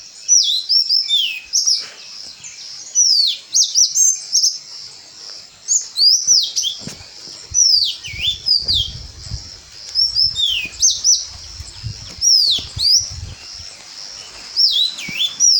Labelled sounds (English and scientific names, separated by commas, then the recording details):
Yellow-crowned Canary (Serinus flavivertex)
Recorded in Bwindi, Uganda